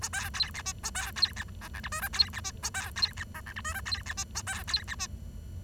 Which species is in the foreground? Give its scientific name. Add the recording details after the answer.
Lonchura striata domestica. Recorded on 23 June 2012 at 10:48. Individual gr41rd51